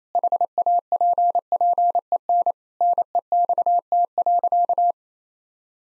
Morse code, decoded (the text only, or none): HAPPEN NEXT.